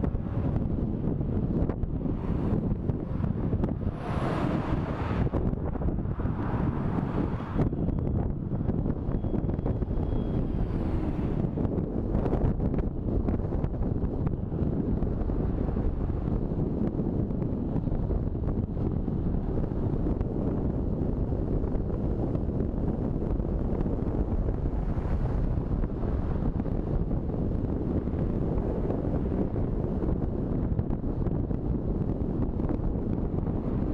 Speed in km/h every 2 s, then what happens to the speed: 20, 21, 22, 23, 24, 27, 28, 30, 33, 35, 36, 37, 37, 38, 37, 37, 38.
0-21 speeds up to 37. 21-34 steady at about 37.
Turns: none.